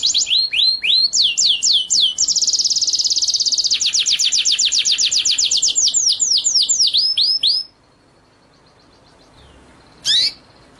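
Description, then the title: White-rumped shama song: loud, rapid series of whistled downward-sweeping notes running together into a fast rolling phrase, about seven seconds in all, then one more whistled note after a pause. Masteran (training) track for murai batu, in the full ngerol and nembak song styles. "Masteran Murai Batu Full Ngerol Nembak"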